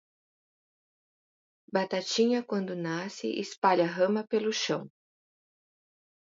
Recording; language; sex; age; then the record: short text; Brazilian Portuguese; female; 50 to 59 years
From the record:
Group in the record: control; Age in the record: 53 years